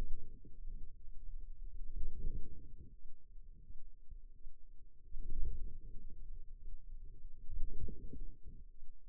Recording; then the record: forearm muscle sounds (acoustic myography)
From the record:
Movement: wrist extension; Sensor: system 2, bracelet of six BSWA MPA416 microphones around the upper forearm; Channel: 1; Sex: female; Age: 23 years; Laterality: right